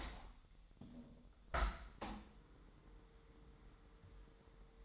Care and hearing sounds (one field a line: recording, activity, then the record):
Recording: daily activity, microphone in the room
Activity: open window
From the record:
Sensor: 3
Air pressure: 1000.2 hPa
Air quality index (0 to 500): 231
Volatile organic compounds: 109 ppm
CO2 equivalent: 3812 ppm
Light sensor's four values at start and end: 10/23/9/9 and 10/24/10/9